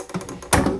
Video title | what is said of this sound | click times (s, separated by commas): Montez la Subaru Impreza WRC 2003 Full Kit 1/8 @IXOCOLLECTIONS étape 77/80 | l'entendez ça clipse et | 0.5 s